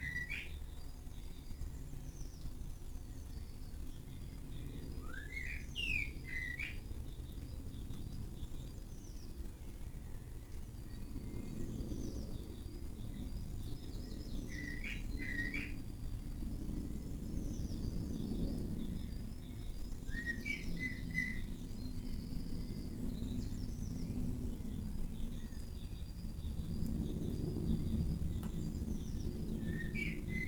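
Various birds call back and forth in a garden early in the morning, with short chirps and trills coming every few seconds, notably around 1, 6, 15, 20 and 30 seconds. A steady low rumble runs underneath, swelling in waves like passing traffic.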